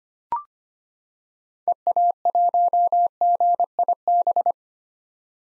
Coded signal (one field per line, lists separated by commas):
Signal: Morse code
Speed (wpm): 25 wpm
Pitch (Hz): 700 Hz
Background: none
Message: EA1GIB